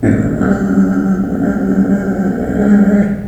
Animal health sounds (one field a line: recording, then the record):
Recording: squeal of a Yucatan mini pig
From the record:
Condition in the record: after surgery on the right vocal fold (resection and tissue-engineered implant)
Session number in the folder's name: 3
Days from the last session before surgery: 21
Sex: female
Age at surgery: 19 weeks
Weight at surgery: 25 kg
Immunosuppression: prednisolone